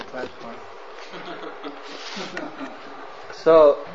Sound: laughter

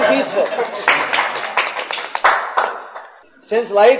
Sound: laughter; applause

